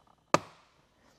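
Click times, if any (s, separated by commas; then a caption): 0.3 s. A WeatherTech HP front rubber floor mat for a 2023 Jeep Grand Cherokee has its retention hole pressed down onto the vehicle's floor anchor post. A single sharp click at 0.3 s rings briefly and fades over about a quarter second. The mat seats on the anchor for a good fit.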